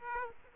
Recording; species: mosquito wingbeat signal from an infrared sensor; Aedes aegypti